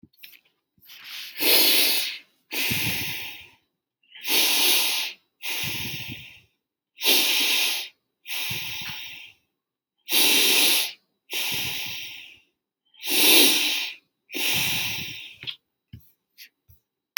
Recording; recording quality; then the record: deep breathing; excellent, no background noise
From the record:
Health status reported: healthy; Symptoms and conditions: diabetes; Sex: male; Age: 63 years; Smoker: not ticked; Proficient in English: yes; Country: India